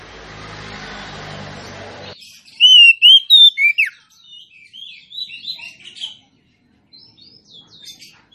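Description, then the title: Oriental magpie-robin: two seconds of broad noise, then an Oriental magpie-robin sings a rising whistled phrase ending in a downward swoop, trailed by quieter varied twittering notes. Female Oriental magpie-robin song, used to lure a male that has stopped singing into singing and fighting within minutes. "KACER NGOTOT FULL TEMBAKAN. Suara kacer betinamemancing kacer jantan yg macet bunyi"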